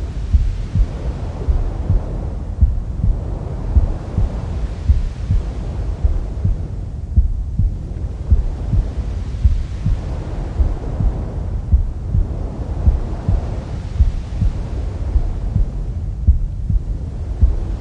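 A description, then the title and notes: Womb sounds: a steady, muffled low whooshing with a soft heartbeat-like throb pulsing regularly, about twice a second. A gentle swell rises and falls every couple of seconds, brightening the hiss slightly, while the deep pulsing stays constant throughout. Womb Sounds.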